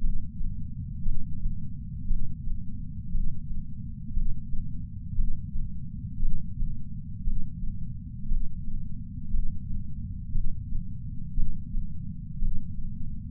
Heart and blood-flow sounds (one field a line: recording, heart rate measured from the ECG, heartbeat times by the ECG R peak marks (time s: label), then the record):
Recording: heart sounds by patch sensor on the chest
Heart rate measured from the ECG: 58 bpm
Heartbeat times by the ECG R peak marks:
0.00 s: heartbeat
1.02 s: heartbeat
2.07 s: heartbeat
3.11 s: heartbeat
4.13 s: heartbeat
5.15 s: heartbeat
6.19 s: heartbeat
7.23 s: heartbeat
8.27 s: heartbeat
9.30 s: heartbeat
10.31 s: heartbeat
11.34 s: heartbeat
12.38 s: heartbeat
From the record:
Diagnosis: coronary artery disease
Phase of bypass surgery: preoperative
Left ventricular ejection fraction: 61.7%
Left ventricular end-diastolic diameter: 51 mm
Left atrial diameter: 34 mm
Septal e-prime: 7.2 cm/s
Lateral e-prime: 9.6 cm/s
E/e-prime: 6.5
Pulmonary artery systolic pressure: 19 mmHg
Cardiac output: 4.98 L/min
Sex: male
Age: 62 years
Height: 172 cm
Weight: 60 kg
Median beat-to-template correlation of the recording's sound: 0.89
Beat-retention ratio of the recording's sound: 1.00